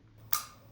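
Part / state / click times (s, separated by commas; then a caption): plug pin adapter onto the power supply unit / seated / 0.3 s. A plastic plug-pin adapter is twisted clockwise onto a power supply and gives a single sharp, bright click at 0.3 s that rings briefly before a faint tick near 0.7 s. The adapter is seated on the power supply.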